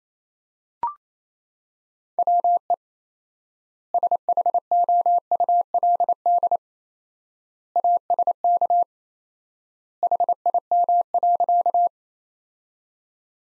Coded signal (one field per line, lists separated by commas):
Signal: Morse code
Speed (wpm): 27 wpm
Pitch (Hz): 700 Hz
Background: none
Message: WE SHOULD ASK HIM.